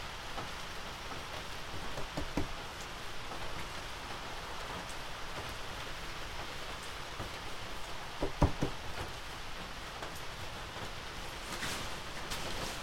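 Steady, dense evening rain before a typhoon hisses throughout, with sharp clicks of carrot seeds dropping near two and eight seconds.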